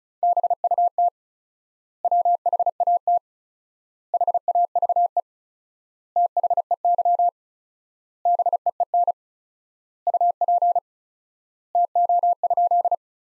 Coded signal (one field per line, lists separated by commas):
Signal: Morse code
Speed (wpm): 34 wpm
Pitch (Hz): 700 Hz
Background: none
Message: BUT WHAT HAVE THEY BEEN UP TO?